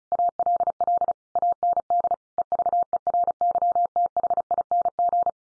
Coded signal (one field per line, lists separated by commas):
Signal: Morse code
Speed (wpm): 34 wpm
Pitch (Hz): 700 Hz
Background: none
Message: ALL AND EVERYTHING